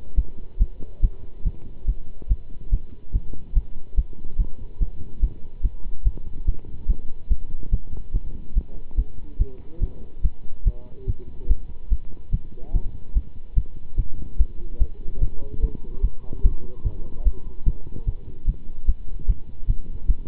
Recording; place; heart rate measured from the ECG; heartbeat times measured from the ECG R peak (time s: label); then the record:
heart sounds by stethoscope; between the tricuspid and mitral areas; 145 bpm
0.15 s: heartbeat
0.58 s: heartbeat
1.01 s: heartbeat
1.44 s: heartbeat
1.86 s: heartbeat
2.28 s: heartbeat
2.70 s: heartbeat
3.12 s: heartbeat
3.54 s: heartbeat
3.95 s: heartbeat
4.37 s: heartbeat
4.79 s: heartbeat
5.20 s: heartbeat
5.62 s: heartbeat
6.04 s: heartbeat
6.45 s: heartbeat
6.87 s: heartbeat
7.28 s: heartbeat
7.70 s: heartbeat
8.13 s: heartbeat
8.54 s: heartbeat
8.96 s: heartbeat
9.38 s: heartbeat
9.80 s: heartbeat
10.22 s: heartbeat
10.64 s: heartbeat
11.06 s: heartbeat
11.48 s: heartbeat
11.89 s: heartbeat
12.31 s: heartbeat
12.72 s: heartbeat
13.13 s: heartbeat
13.55 s: heartbeat
13.96 s: heartbeat
14.37 s: heartbeat
14.78 s: heartbeat
15.20 s: heartbeat
15.61 s: heartbeat
16.01 s: heartbeat
16.42 s: heartbeat
16.83 s: heartbeat
17.24 s: heartbeat
17.65 s: heartbeat
18.06 s: heartbeat
18.46 s: heartbeat
18.86 s: heartbeat
19.27 s: heartbeat
19.67 s: heartbeat
20.07 s: heartbeat
From the record:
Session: pedaling a stationary bicycle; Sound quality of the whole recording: good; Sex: male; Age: 27 years